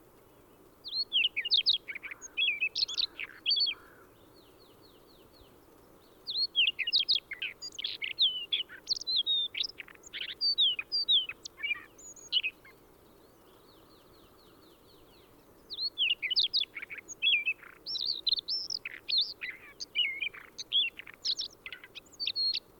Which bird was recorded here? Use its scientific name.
Luscinia calliope